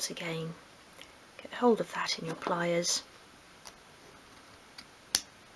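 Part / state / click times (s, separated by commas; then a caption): replacement blade onto craft knife blade holder / seated / 5.1 s. Someone talks, then a new blade held in pliers is slotted onto the metal blade holder of a Swann Morton retractable craft knife. A couple of faint ticks come before a single sharp click at 5.2 s as the blade seats into place.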